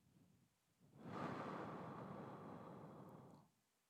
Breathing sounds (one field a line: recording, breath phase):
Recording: one breath near a microphone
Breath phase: exhalation